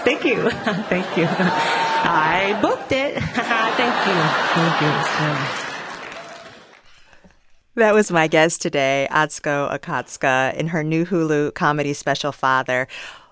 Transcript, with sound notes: Thank you. Thank you. I booked it.
(LAUGHTER)
Thank you. Thank you.
That was my guest today, Atsuko Okatsuka, in her new Hulu comedy special, "Father."